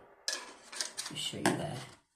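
Someone talks while handling the plastic front protective cover of a GEZE sliding door closer, pressing it toward the closer body. Sharp handling knocks and rattles are heard around 0.3, 0.8 and 1.0 seconds. Nothing has seated or clicked yet; the cover is not yet home.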